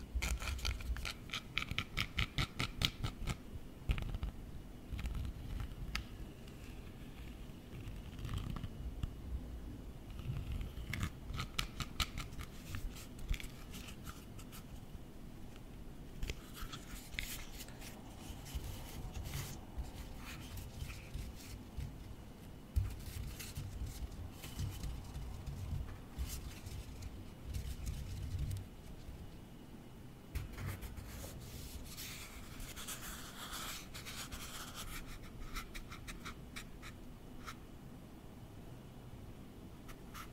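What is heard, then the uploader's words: Close-up tapping and tracing on office objects, with quick clusters of small taps in the first few seconds and scattered clicks after. Soft scratchy rubbing strokes run between them, brightening into a busier stretch around the thirty-second mark, over a steady low rumble. Close-up Tapping & Tracing Office Objects. Gusti was at the office and he found a lot of interesting objects to tap or to trace on.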